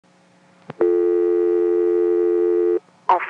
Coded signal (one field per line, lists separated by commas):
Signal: telephone call progress tone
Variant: North America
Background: speech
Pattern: dial tone